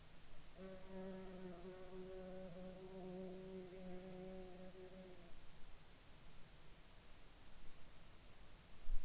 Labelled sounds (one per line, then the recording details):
insects
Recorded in Ivvavik National Park, Yukon, on 26 June 2019 at 00:34
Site SINP09